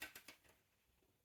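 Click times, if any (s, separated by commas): none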